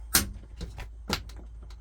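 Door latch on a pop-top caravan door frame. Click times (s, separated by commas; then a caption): 0.1 s, 1.1 s. The small latch at the top of the door frame on a 1980s Jayco pop-top camper is pushed down until it clicks and locks into place, and it may need a little wiggling. Sharp clicks ring out at about 0.2 s and 1.1 s, with fainter knocks and rattles in between and after, and the latch ends seated and locked.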